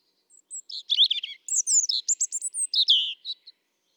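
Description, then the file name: European robin singing a tumbling phrase of high, liquid notes: rapid trilled chips and descending slurs, then a few scattered twitters. "Erithacus rubecula"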